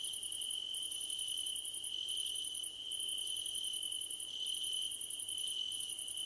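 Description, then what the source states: Several crickets chirping, a steady shrill drone overlaid with fast pulsed bursts of about a second, separated by short gaps. Crickets at night under a starlit sky.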